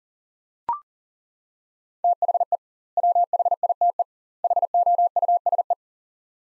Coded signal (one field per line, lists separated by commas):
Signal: Morse code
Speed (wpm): 37 wpm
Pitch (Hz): 700 Hz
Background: none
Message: THE WHITE HOUSE